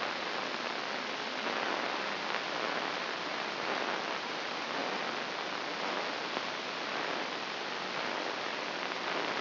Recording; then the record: brain microelectrode recording played as sound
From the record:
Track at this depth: inside the subthalamic nucleus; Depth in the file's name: 3.129 mm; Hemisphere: left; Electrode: 3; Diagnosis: Parkinson's disease